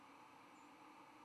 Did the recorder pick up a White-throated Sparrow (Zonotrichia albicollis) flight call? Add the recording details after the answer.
yes. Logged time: 07:22 on 10 November 2014